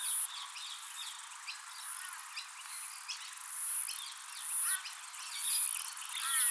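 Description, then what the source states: Myopsalta septa cicada song: hissing high buzzes that start sparse and then come about once a second, amid many chirping and whistling birds. Recorded at Glenvale.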